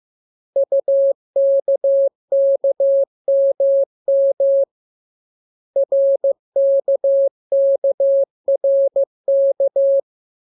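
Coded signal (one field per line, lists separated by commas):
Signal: Morse code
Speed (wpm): 15 wpm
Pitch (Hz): 550 Hz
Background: none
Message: UKKMM RKKRK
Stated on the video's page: Morse lesson for the letters K, M, U and R, sent as a radiogram that opens with VVV and a section sign and closes with AR.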